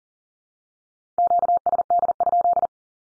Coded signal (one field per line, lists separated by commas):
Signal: Morse code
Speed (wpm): 40 wpm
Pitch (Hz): 700 Hz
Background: none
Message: QSD?